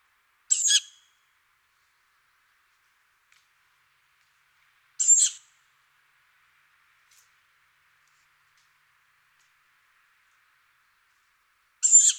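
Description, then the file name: Tawny owl repeating a short, scratchy hissing call three times at uneven gaps of about four to seven seconds, with a couple of faint ticks. "hulotte"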